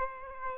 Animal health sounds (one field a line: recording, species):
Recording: mosquito wingbeat signal from an infrared sensor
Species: Aedes aegypti